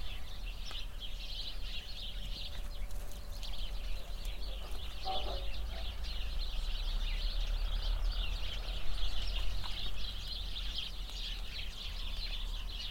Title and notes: The sounds of a bush full of sparrows nearby a cow pasture on a windy summer morning.